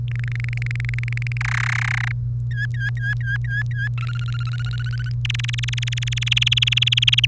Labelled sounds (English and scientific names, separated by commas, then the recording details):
Domestic Canary (Serinus canaria) song
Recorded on 1 May 2018 at 07:34
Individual llb3